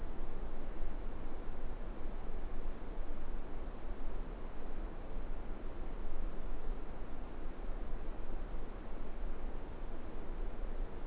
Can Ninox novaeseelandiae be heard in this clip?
no